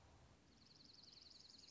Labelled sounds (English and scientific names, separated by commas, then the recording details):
Dark-eyed Junco (Junco hyemalis)
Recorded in Sonoma County, California